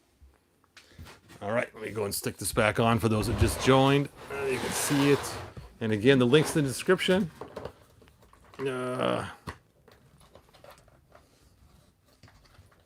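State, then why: Not seated. Someone talks while handling a 3D-printed plastic floor insert, about to push it back into a toy playset, with a few faint handling sounds between the words. The clip ends before the insert goes in, so nothing has seated or clicked yet.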